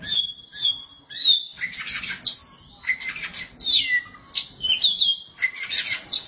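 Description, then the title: Oriental magpie-robin singing a rich mix of clear whistled notes, rising and falling slurs and scratchy squawks, phrases following each other almost without pause. Kacer song. "Suara Kicauan Burung Kacer"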